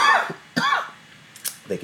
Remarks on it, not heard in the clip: That was a cough. You sound terrible, but you're not sick. I just have a stuffy nose. I think it's the heat and, like, going between air conditioning and heat.